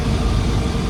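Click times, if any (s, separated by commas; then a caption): none. A fuel pre-filter element is handled at its filter housing on a Mercedes Econic truck while a steady, low engine-like rumble runs through the whole 0.9 seconds with no sharp transients. Nothing has seated or clicked yet.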